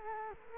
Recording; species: mosquito wingbeat signal from an infrared sensor; Culex quinquefasciatus